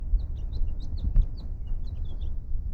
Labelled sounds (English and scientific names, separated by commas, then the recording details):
House Finch (Haemorhous mexicanus) song
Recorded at Lawrence on Long Island, New York, on 4 June 1975
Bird C